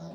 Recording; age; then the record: pig call; piglet (1 to 25 days)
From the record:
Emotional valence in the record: negative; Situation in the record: long isolation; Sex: female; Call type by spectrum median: low-frequency call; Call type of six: low-frequency tonal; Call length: 0.15 s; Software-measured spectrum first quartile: 179 Hz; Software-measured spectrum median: 348 Hz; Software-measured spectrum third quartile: 801 Hz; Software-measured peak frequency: 178 Hz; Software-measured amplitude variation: 29 dB a second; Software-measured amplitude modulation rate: 16.7 a second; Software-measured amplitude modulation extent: 1.7 dB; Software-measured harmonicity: 3.7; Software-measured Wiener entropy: -0.41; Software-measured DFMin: 790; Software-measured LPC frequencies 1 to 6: 633, 3816, 5481, 8900, 10608, 12416 Hz